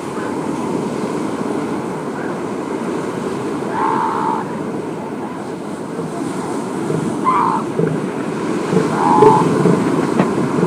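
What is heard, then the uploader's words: Elephant seals make steady low rumbling and grunting over constant surf, with louder nasal calls around four, seven and nine seconds. Elephant Seal Mating Season. Hundreds of them lazing in the sunshine!!!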